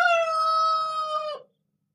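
Rooster crow, a sustained harsh, even-pitched note held for over a second before dropping off sharply into silence.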